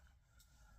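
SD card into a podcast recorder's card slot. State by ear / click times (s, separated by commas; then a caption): not seated / none. A plastic SD memory card is handled at the open spring-loaded card slot on the left-hand side of a powered-off Zoom P4 PodTrak podcast recorder. Only a steady low rumble and faint hiss are heard, with a brief soft high-frequency swish around 0.4 s. The card has not yet been pushed home, so nothing has clicked or seated yet.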